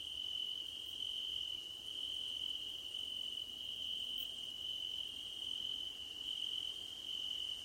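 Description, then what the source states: Cricket chorus, one unbroken high-pitched trill that swells and fades slightly, with faint sparse higher chirps behind it. Crickets at night under a starlit sky.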